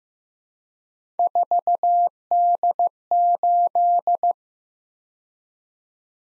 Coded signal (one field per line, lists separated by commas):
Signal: Morse code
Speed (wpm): 15 wpm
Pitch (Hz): 700 Hz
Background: none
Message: 4D8